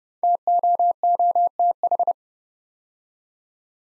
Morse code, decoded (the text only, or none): TOOTH